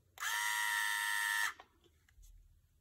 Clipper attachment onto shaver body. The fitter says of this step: all you have to do is rotate it a bit and see if it'll go on that way and then it snaps into place